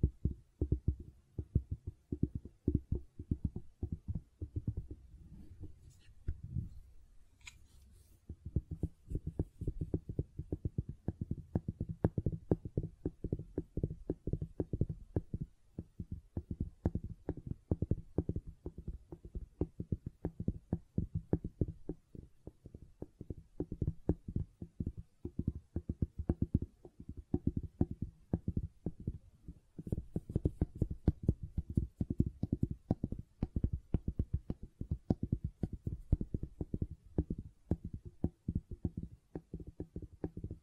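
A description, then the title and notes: Gentle silicone sounds made of soft, rapid, muffled taps and squishes that continue densely for the whole clip. The sound stays low and dull, with slightly brighter rustling briefly near the eighth second and again around thirty seconds. ASMR Gentle Silicon Sounds for Sleep (No Talking).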